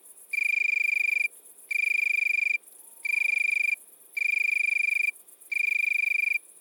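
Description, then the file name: Italian tree cricket giving clear, even trilled phrases about a second long, five in a row with short silences between. Recorded at midnight at Le Puech, Cantal. "grillon-d Italie-a-minuit-Le-Puech-Cantal"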